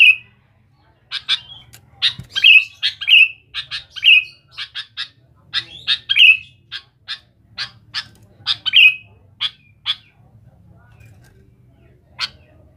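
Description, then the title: Sooty-headed bulbul in a long run of quick sharp chirps and slurred falling notes, dense at first then thinning out. "Kutilang"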